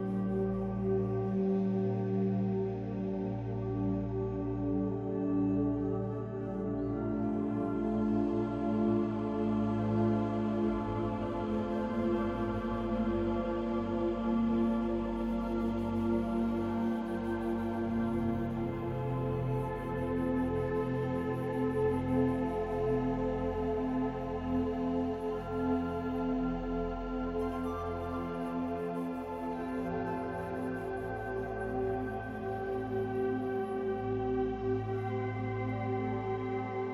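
Soft, calming music of long, ringing held tones over a steady low rumble, with a faint hiss coming in after about seven seconds.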